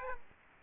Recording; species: mosquito wingbeat signal from an infrared sensor; Aedes aegypti